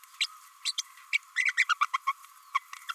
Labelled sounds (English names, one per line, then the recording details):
Green-rumped Parrotlet babbling
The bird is a female
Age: 27 days
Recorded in a nest box in Venezuela
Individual 17B32A5